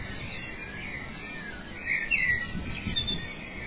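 Bird chirps: a brief, soft cluster of thin chirping notes in the middle, set in steady background noise with some low rumbling.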